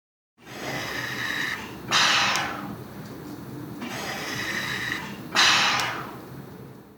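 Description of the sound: Two strong rushes of hissing air, each fading off, sound about three and a half seconds apart over a steady background hiss and low hum: a mechanical ventilator cycling air in and out, at a pace of roughly 17 breaths a minute.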